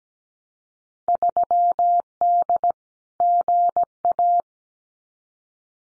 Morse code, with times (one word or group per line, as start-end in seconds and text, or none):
1.1-2.7 3D
3.2-4.4 GA